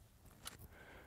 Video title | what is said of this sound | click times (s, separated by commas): How-To Operate the ACUdraw De-Cock 50 on the TenPoint Titan De-Cock | grasp the t handles and pull up until you hear a click | 0.5 s